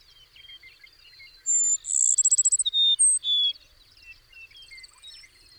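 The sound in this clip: Bird song, a loud high phrase of whistles and a fast trill of repeated notes, over softer scattered chirps and a steady insect-like hiss.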